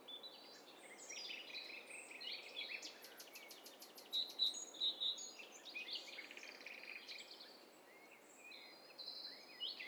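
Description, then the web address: Several birds singing over one another, overlapping high chirps, short whistled notes and a rapid ticking trill, with a quiet hiss of background noise throughout. Many birds singing at once. "Hi Fi STEREO BIRD COCKTAIL PARTY Challenge"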